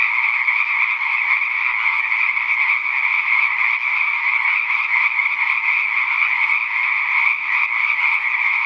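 Frog chorus: many overlapping trilling calls forming a thick, continuous buzz, level and unbroken throughout.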